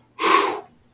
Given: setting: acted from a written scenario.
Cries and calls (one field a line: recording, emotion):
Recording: vocal sound without words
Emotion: relief